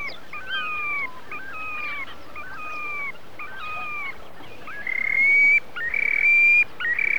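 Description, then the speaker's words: Terek sandpiper calls: clear two-part whistles falling in pitch, repeated about every second, then louder, steadier level whistles take over near the end. Several birds calling to each other on river shoals, central Russia. "На речных отмелях перекликаются"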